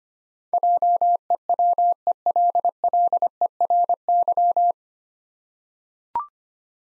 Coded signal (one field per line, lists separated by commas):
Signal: Morse code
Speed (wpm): 25 wpm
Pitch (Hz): 700 Hz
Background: none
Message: JEWELLERY